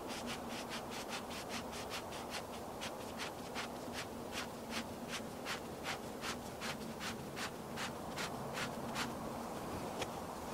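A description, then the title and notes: Makeup being applied outside, with a brush sweeping in quick, even strokes about three times a second, each a short bright swish. The strokes continue for roughly nine seconds, then stop. A steady low rushing and a faint hum run underneath the whole time. Doing Your Makeup Outside on a Sunny Day.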